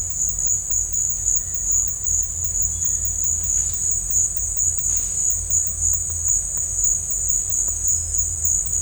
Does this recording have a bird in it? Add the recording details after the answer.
no. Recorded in dense forest near Puerto Asís, Putumayo, Colombia, on 21 December 2024 at 12:30. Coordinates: 0.468, -76.322. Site G071